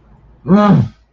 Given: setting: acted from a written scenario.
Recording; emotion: vocal sound without words; anger